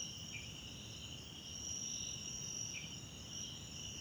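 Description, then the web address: Cricket chorus of constant shrill trills, with two brief dipping chirps, over a soft low rumble. South African crickets, background ambience recorded at night in a wetland park at Kosi Forest Lodge, South Africa. "Tonschliff - SOUTH AFRICAN CRICKETS BG South Africa Wetland Park Kosi Forest Lodge Night"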